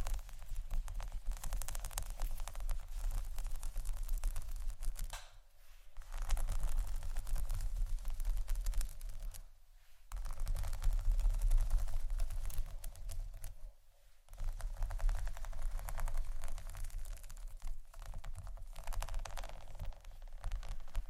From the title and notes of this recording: ASMR Scratching & Tapping For Sleep（No Talking）.